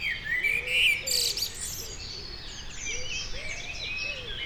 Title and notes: Rue Jacques Cartier 73100 Aix-les-bains France - merles du matin. Près du Sierroz le chant matinal des merles